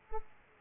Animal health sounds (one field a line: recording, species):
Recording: mosquito wingbeat signal from an infrared sensor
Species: Aedes aegypti